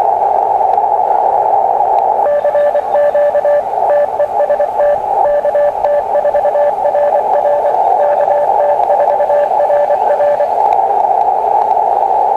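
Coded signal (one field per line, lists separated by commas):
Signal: Morse code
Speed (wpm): 24 wpm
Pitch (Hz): 590 Hz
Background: radio noise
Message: CQ TEST KT4RR KT4RR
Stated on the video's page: Sent on a KX2 transceiver.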